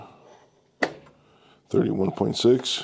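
A DeWALT DWS780 miter saw's miter table is rotated onto the 31.6 degree preset stop, and the detent snaps into the angle stop plate with a single sharp click at 0.8 s, seating it. Someone talks afterward.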